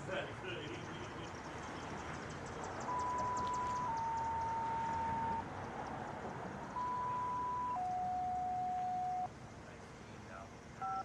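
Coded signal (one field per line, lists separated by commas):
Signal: two-tone page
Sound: two two-tone sequences, each a 1-second high tone then a lower 1.5-second tone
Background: outdoor traffic noise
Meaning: Sequential two-tone codes alert fire department pagers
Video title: Federal Signal Model 5OC Pager/Siren Test, Attack, Bellport, NY 5/18/2023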